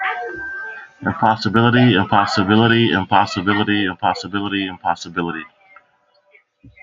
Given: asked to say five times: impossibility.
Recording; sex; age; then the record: repeated word; male; 40 to 49 years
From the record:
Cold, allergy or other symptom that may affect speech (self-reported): no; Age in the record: 44 years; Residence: California, United States